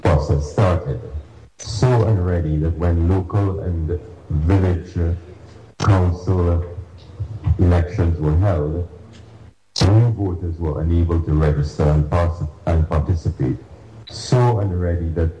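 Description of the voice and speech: A low-pitched man of about 60 speaks slowly and deliberately, with stretched sounds and several pauses between phrases. He repeats the start of one word ("pa– participate"), fitting stuttering; at times he struggles to get words out.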